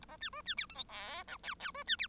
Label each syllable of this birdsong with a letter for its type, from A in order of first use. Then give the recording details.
A B C D C E F G H I J J D C E. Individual Bird1